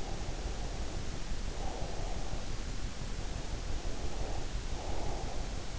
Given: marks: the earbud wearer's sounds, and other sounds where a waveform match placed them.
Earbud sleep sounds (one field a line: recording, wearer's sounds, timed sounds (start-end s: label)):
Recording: sounds in sleep by an in-ear microphone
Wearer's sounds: breath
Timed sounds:
0.00-2.35 s: breath
3.07-5.72 s: breath